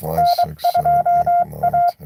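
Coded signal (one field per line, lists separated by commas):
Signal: Morse code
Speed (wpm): 23 wpm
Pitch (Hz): 700 Hz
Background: speech, radio noise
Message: N2A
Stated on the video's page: Live CW Parks on the Air activation.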